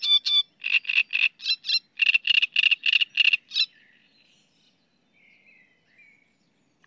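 Great reed warbler song: a run of harsh, grating, croaking notes in rapid succession for under four seconds, then quiet with faint thin sounds.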